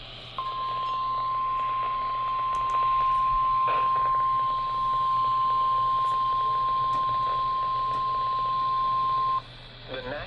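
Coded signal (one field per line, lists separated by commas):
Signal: Emergency Alert System (SAME) tones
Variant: 1050 Hz attention tone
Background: speech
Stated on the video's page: Severe thunderstorm warning retoned on NOAA weather radio station WWG40.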